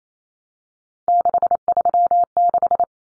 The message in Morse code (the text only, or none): 636